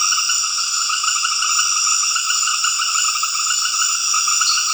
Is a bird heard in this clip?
no